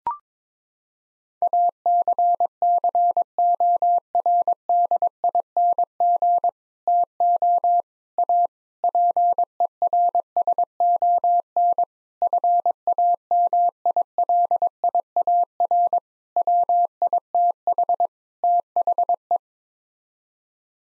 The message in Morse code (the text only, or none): ACCORDING TO A PERSON FAMILIAR WITH THE